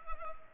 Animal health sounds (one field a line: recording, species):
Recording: mosquito wingbeat signal from an infrared sensor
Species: Culex pipiens